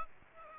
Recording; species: mosquito wingbeat signal from an infrared sensor; Aedes aegypti